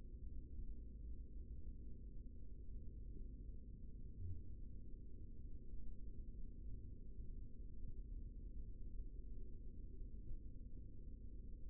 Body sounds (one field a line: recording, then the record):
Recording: forearm muscle sounds (acoustic myography)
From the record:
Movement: rest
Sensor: system 3, bracelet of six PUI Audio POM-2738L microphones around the upper forearm, with dedicated amplification and filtering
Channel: 3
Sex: male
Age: 55 years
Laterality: right